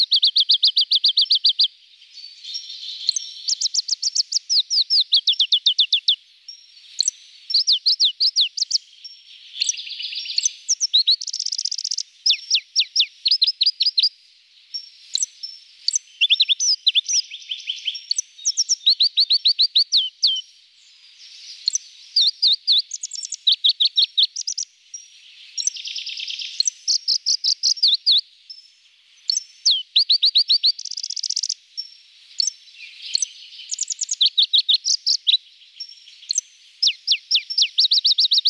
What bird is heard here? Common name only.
Pallas's Leaf Warbler